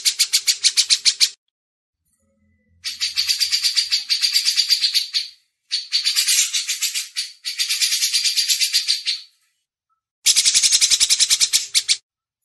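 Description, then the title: Grey-cheeked Bulbul's grating, rapid chatter comes in five bursts of varying length, separated by silent gaps. Masteran tutor recording for training songbirds. "MASTERAN CUCAK JENGGOT"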